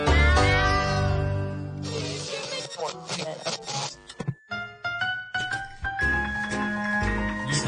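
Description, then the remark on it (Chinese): A cat meows repeatedly, a string of loud, drawn-out cries with wavering, sliding pitch, some whiny and high, others lower and shorter, with no talking. “我的猫猫 QQ 最古怪的行为是非常喜欢玩水。”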